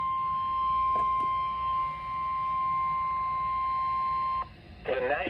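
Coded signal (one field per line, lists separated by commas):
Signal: Emergency Alert System (SAME) tones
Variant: 1050 Hz attention tone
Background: speech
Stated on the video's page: Severe thunderstorm warning received on a NOAA Weather Radio station.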